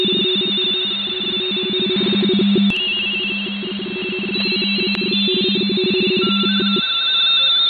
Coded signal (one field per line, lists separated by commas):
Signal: RTTY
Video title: MMVARI N1MM Plus Multi-RTTY